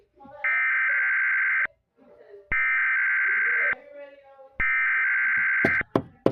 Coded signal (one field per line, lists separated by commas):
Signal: Emergency Alert System (SAME) tones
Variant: header bursts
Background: speech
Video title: special fire tornado eas